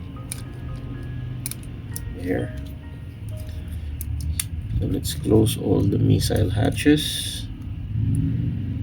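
A missile hatch cover on a 1/100 Auldey Full Metal Kainar (Asy-Tac Fronteer) plastic/metal mecha model kit is handled while being brought toward closing onto the missile pod, and someone talks. Brief sharp taps and handling noises are heard over background music, but the clip ends before the hatch goes home, so nothing has seated or clicked yet.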